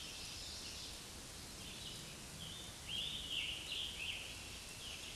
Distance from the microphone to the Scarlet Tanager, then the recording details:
about 60 m. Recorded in a Pennsylvania forest on 19 May 2023 at 09:09. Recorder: AudioMoth, point grid1_1_low. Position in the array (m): 142 m, 43 m